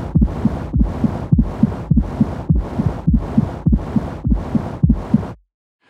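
Simulated infant heart sound, around 100 beats per minute, with a constant murmur from a patent ductus arteriosus, an extra blood vessel present in babies before and just after birth that normally closes within the first days. Left open, it lets extra blood flow to the lungs and needs surgery. Blood flow is constant, giving a continuous murmur.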